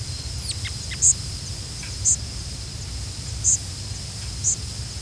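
Indigo bunting calls as four short, high, sharp chips about once a second, with a steady insect hum and low rumbling background noise.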